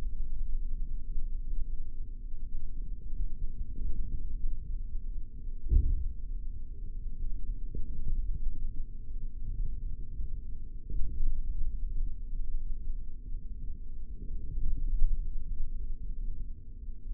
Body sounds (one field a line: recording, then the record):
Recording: forearm muscle sounds (acoustic myography)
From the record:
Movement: forearm supination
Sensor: system 3, bracelet of six PUI Audio POM-2738L microphones around the upper forearm, with dedicated amplification and filtering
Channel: 4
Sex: male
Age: 23 years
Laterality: right